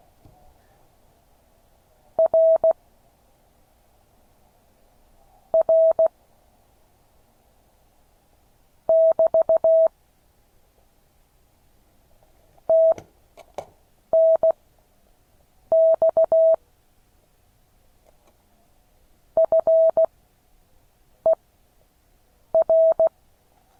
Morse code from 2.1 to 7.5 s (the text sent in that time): R R